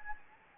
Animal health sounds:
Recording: mosquito wingbeat signal from an infrared sensor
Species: Anopheles gambiae

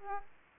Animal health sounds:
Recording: mosquito wingbeat signal from an infrared sensor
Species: Aedes aegypti

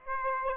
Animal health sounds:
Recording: mosquito wingbeat signal from an infrared sensor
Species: Aedes aegypti

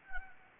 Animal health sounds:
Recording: mosquito wingbeat signal from an infrared sensor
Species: Anopheles gambiae

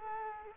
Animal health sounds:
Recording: mosquito wingbeat signal from an infrared sensor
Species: Culex quinquefasciatus

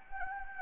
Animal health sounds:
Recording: mosquito wingbeat signal from an infrared sensor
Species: Anopheles gambiae

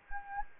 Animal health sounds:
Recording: mosquito wingbeat signal from an infrared sensor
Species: Anopheles gambiae

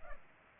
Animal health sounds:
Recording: mosquito wingbeat signal from an infrared sensor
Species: Culex pipiens

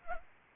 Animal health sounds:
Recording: mosquito wingbeat signal from an infrared sensor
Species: Anopheles arabiensis

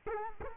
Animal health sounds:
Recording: mosquito wingbeat signal from an infrared sensor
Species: Culex quinquefasciatus

